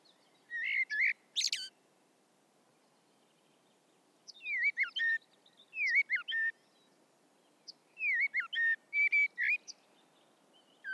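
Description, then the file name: Common blackbird song: several mellow whistled phrases, each ending in a thin squeaky twitter, separated by short pauses. "Turdus merula"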